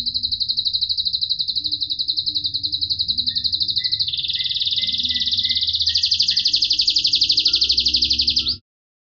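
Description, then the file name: Canary song: a sustained rapid trill that jumps to a broader roll twice, with faint lower whistles in the middle, ending sharply. Cililin-style canary song, used as fill (isian) for training songbirds. "suara kenari isian cililin omkicau"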